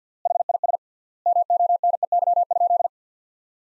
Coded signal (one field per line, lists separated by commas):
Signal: Morse code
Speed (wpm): 50 wpm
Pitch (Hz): 700 Hz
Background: none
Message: HIS MONEY?